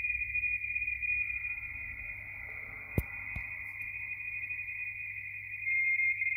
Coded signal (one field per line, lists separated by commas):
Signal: RTTY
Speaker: i'm sure there's a whole science to this see